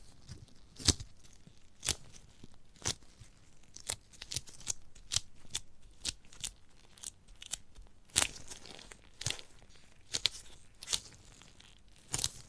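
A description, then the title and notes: Someone handles and bites into a giant gummy bear, producing sharp, bright tearing and crunchy clicks. The bursts come roughly every second, some in quick pairs, with brief quiet gaps between them over a soft, steady hiss. ASMR of a Giant Gummy Bear (No Talking).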